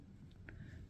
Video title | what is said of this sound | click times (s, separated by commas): Graves Kawasaki ZX4RR / ZX10RR Throttle Tube Installation Video | snaps in place and this part here gets just behind the edge now it's captured in there | 0.5 s